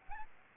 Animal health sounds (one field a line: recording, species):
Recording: mosquito wingbeat signal from an infrared sensor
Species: Aedes albopictus